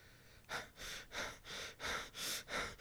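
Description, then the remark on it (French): A person acts out long, panicked, breathless panting, about seven loud, breathy gasps in a steady, urgent rhythm, with no talking, sounding frantic and out of breath. “Je peux faire un essoufflement plus long aussi, d'ailleurs.”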